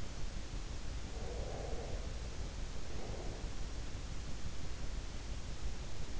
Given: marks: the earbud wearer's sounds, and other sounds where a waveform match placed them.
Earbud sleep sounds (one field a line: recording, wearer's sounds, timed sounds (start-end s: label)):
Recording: sounds in sleep by an in-ear microphone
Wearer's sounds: breath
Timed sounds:
1.12-3.58 s: breath